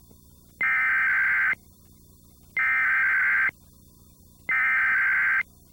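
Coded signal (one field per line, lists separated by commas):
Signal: Emergency Alert System (SAME) tones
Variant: header bursts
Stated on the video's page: Cable EAS test from the local headend interrupting a children's cartoon, using a VDS-840 character generator; recorded from VHS.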